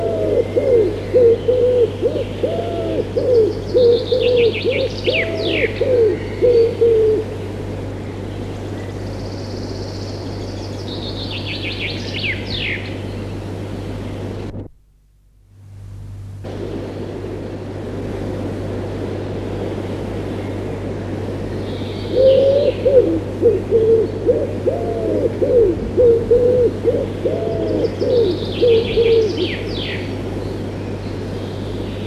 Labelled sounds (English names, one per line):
Common Wood Pigeon